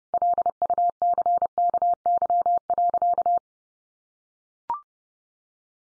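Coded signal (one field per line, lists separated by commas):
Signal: Morse code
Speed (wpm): 30 wpm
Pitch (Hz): 700 Hz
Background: none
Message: LUCKY.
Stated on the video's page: Morse head-copy practice at 30 wpm, sentences sent in Morse.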